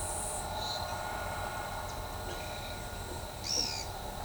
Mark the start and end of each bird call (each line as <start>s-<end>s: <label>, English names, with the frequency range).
3.42s-3.85s: Pale-eyed Pygmy Tyrant (1.5-8.6 kHz)